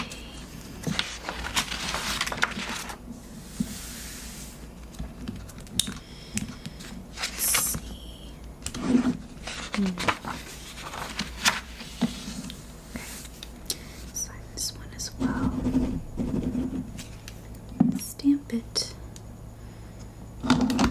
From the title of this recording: Paper sounds, Typing, Stamping, Plastic crinkles